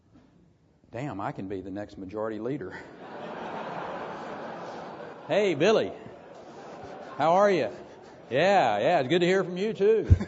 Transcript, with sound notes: “Damn, I can be the next majority leader.”
[Laughter]
“Hey Billy, how are you? Yeah, yeah. Good to hear from you too.”